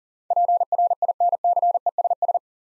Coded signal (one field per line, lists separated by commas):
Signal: Morse code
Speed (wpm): 38 wpm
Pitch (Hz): 700 Hz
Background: none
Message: PRINCESS